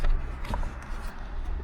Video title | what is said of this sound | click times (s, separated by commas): 2025 Chevrolet Colorado ZR2 Bison - Bulletpoint Mounting Solutions with Power Supply | You hear those audible clicks, | 0.0 s, 0.5 s